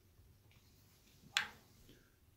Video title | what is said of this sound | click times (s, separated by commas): Mag Well Install on Glock 17 Gen 5 MOS. ZEV Tecknologies. I had issues at the range. | it to the back get the front in and push the back end snaps right in so | 1.4 s